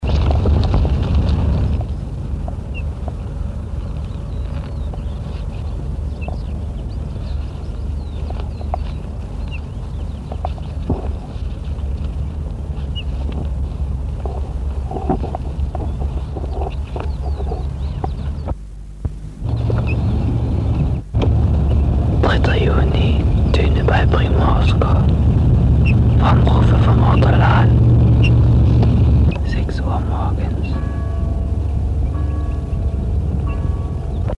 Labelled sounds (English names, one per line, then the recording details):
Ortolan Bunting call
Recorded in the wild
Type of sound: call
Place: Primorsko, Burgas, BG
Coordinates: 42.2667, 27.75
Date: 1968-06-02
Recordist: Stiefel, Arnd
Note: Bei Primorsko: Rufe eines Ortolans